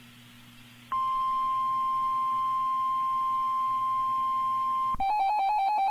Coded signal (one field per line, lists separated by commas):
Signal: Emergency Alert System (SAME) tones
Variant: 1050 Hz attention tone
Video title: {RARE} EAS #1232 - TROPICAL STORM WATCH 8-29-2015